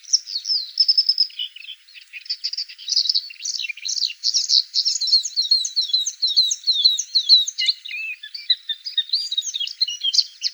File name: Kamyshovka indijskaja